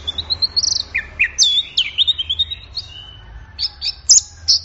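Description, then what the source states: Orange-headed thrush song: high, varied whistled phrases with sharp upward and downward sweeps and quick chirps, then a pause and a few bright notes near the end. Orange-headed thrush in full song (gacor teler), offered as a training recording for songbirds; part of an offline thrush-sound collection.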